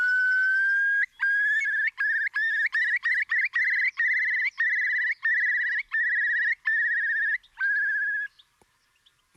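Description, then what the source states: Eurasian curlew display song: a long whistle, then a steady run of bubbling trilled notes, stopping before a sharp click at the end. Display flight: after rising to height, descends yodelling; performed three times; recorded about two years earlier at the spot where a meadow pipit was being recorded.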